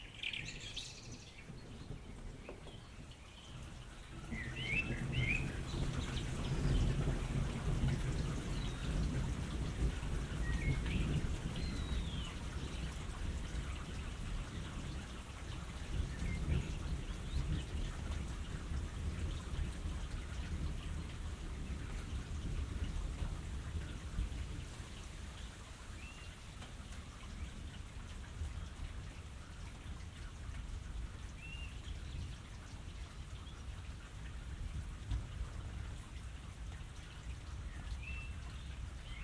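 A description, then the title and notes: Steady rain falls through a night thunderstorm, with a low, rolling rumble of thunder swelling around five seconds and lingering heavily through the middle before easing. A few faint chirping calls, likely birds or insects, come through now and then above the hiss of rain. H.O.M.E. (Hills Open My Eyes) - BINAURAL. Generative soundscape based on a two-dimensional random walk between four binaural soundscapes recorded at my home near Vienna, Austria from 2018 to 2023. Thunderstorm at night.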